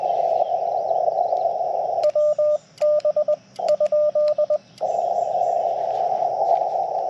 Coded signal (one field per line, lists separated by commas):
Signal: Morse code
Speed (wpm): 20 wpm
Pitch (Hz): 1200 Hz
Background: radio noise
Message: WB ?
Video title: Yaesu FT-891 Backpack Portable POTA CW Activation - 6/28/23 @ K-3714